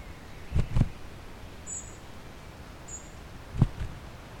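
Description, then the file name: European robin making two brief, very high thin notes about a second apart, with low knocking thumps before and after them. "Erithacus rubecula"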